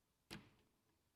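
A plumber presses a plastic cover onto the handle of a water supply valve. One short, sharp click is heard at 0.3 s, followed by a brief decaying tail. The cover is confirmed clipped on.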